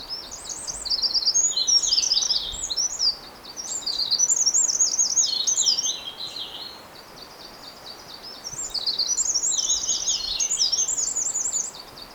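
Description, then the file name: Eurasian wren singing three energetic bursts of rapid, high, jangling trills, with quieter pauses in between and a soft hiss of background noise. "Troglodytes troglodytes"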